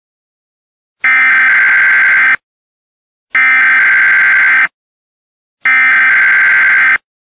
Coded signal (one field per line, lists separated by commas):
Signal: Emergency Alert System (SAME) tones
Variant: header bursts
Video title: Emergency Alert System - Rudolph The Russian Reindeer